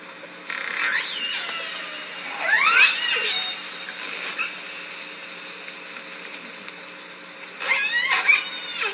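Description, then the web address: Killer whale pulsed calls: three bursts of harmonic, sweeping squeals, rising and falling steeply, at the start, middle and end, over steady underwater hiss and a low hum. Southern Resident killer whales; calls recorded at Lime Kiln in June. "SRKW call-catalog Orca Calls Lime Kiln June"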